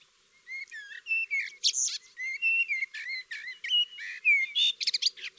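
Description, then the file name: Eurasian blackcap with clear whistled notes, short rising and falling phrases strung together, mixed with a few sharper high chirps. "Sylvia atricapilla"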